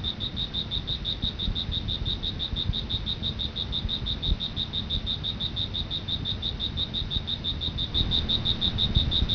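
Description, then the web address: Cricket chirping in a shrill, regular stream of rapid pulses that grows slightly louder near the end, low rumbling noise throughout. "特酷声音素材库 动物 昆虫 蟋蟀"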